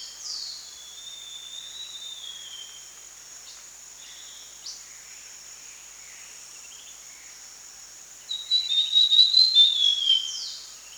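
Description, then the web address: Brown fulvetta calls: a faint whistle at the start, then a loud wavering whistled phrase rising and falling near the end, over a steady high insect drone. Recorded in Danum Valley, Borneo, on 1 January 2008. "DANUM 20080101. brown fulvetta"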